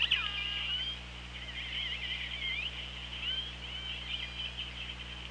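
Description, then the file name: Killer whale calls, a loud opening squeal then a run of pulsed, warbling tones and short whistles throughout, with steady underwater hum and hiss beneath. Recorded by OrcaLab hydrophone, underwater, 24 August 2017 at 17:25. "Orca Lab 20170824 172504"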